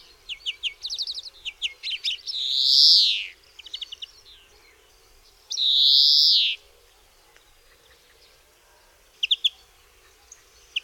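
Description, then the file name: European greenfinch: twittering trills broken by two long, drawn-out nasal wheezes, then a few sparse chirps. "DZWONIEC"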